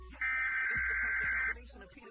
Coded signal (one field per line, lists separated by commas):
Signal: Emergency Alert System (SAME) tones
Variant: header bursts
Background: speech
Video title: REUPLOAD: EAS Scenario Christmas Special: Nibiru